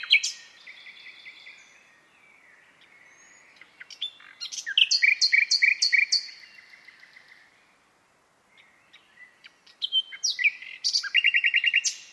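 Bird singing varied high phrases: a thin opening sequence, a loud rapid trill in the middle, then a rattling buzzy burst after a brief silence.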